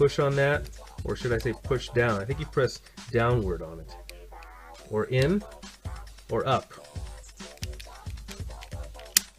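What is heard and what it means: Someone talks while pushing the small release tab on the plastic leg holster of a NECA NES RoboCop action figure, trying down, in and up, with a few faint taps along the way. At 9.2 s the holster flap snaps open with a sharp click, and it is released.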